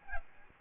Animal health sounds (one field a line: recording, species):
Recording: mosquito wingbeat signal from an infrared sensor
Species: Aedes albopictus